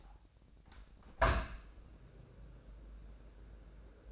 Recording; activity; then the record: daily activity, microphone in the room; open window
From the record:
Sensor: 2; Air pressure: 1012.1 hPa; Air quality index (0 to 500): 98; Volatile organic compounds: 1 ppm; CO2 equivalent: 747 ppm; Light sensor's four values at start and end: 114/272/112/112 and 112/268/111/111